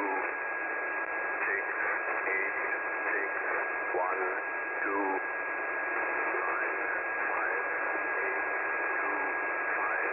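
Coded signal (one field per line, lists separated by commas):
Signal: numbers station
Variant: E06, English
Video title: Russian Spy Number Station E06, moderately clear S5 to 6 reception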